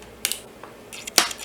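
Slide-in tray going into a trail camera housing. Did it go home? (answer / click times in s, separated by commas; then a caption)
yes / 1.2 s. An insert, likely the battery tray, is slid back into the plastic body of a Tasco trail camera, going in easily. Light plastic ticks at 0.3 s are followed by a brief sliding scrape around 0.9–1.1 s. A sharp click at 1.2 s marks the tray seating home.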